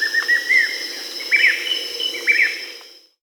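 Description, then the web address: Grayish mourner giving short slurred whistled calls, several notes in quick sequence, over a steady high insect hum and forest background. Recorded in Peru. "Birds of the Amazon 3. Grayish Mourner (Rhytipterna simplex), Peru"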